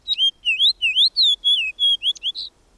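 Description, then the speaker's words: Fox sparrow singing a spirited phrase of several sweet whistled slurs, some rising, some falling, finishing with a brief burry note; background otherwise quiet. One of the earliest bird songs of spring; loud, spirited song of whistled notes. "loud, spirited song of whistled notes tells us the fox sparrow is at hand."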